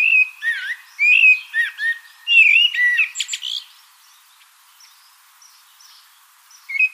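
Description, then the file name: Common blackbird singing a fluted, whistled phrase that dips and rises, ending in a squeaky twitter, then a pause with faint high notes. "Turdus merula"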